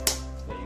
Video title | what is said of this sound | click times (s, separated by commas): RC Unboxing: Pro-Line Badlands SC | so you should hear a little click and that will be it in place | 0.1 s